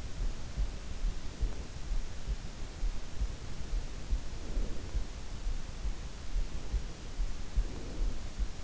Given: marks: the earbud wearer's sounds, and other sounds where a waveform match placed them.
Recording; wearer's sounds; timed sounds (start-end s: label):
sounds in sleep by an in-ear microphone; breath
1.13-2.23 s: breath
4.23-5.56 s: breath
7.34-8.63 s: breath